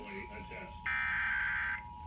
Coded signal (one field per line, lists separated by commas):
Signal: Emergency Alert System (SAME) tones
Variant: header bursts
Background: speech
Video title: EAS Pennsylvania Required Monthly Test 8/19/21 EAS#121-124